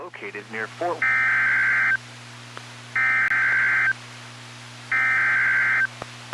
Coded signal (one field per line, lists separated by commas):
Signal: Emergency Alert System (SAME) tones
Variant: header bursts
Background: speech